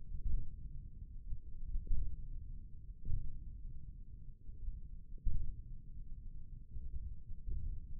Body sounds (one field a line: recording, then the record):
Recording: forearm muscle sounds (acoustic myography)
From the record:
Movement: hook grip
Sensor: system 1, eight BSWA MPA416 microphones around the upper forearm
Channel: 1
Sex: male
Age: 28 years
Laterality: right